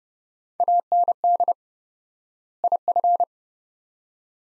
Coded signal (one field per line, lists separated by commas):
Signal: Morse code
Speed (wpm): 30 wpm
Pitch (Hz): 700 Hz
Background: none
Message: AND IF